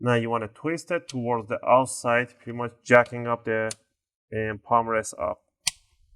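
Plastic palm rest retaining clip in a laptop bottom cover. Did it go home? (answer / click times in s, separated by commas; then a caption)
released / 5.7 s. A guitar pick is wedged between the plastic palm rest top cover and the bottom cover of an HP Notebook 14 Ck 0004 laptop and twisted outward to pry the palm rest up while someone talks. A plastic retaining clip in the bottom cover releases with a single sharp click at 5.7 s, and the palm rest clip pops open.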